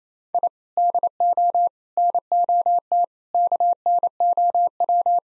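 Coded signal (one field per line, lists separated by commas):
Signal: Morse code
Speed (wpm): 27 wpm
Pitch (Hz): 700 Hz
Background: none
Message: I DO NOT KNOW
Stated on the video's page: Morse practice at 28 WPM of sentences containing common five-word phrases, for head-copy training.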